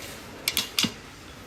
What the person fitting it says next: Hop, ça clipse. Vous avez entendu ou pas?